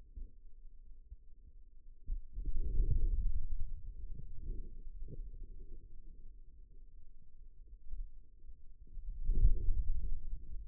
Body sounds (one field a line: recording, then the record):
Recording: forearm muscle sounds (acoustic myography)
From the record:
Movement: hand closing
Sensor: system 2, bracelet of six BSWA MPA416 microphones around the upper forearm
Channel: 4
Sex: male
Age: 22 years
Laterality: right